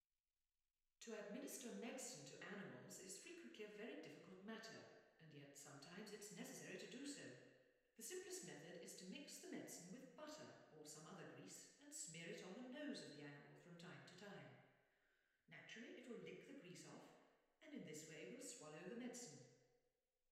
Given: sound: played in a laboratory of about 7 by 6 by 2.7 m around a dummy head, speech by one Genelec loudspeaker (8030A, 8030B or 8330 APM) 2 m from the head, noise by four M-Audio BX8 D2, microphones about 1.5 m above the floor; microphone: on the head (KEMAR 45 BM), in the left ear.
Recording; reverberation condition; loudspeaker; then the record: female speech in English; high; in front (0 degrees)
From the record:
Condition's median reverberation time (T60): about 1300 ms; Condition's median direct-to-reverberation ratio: about -4.0 dB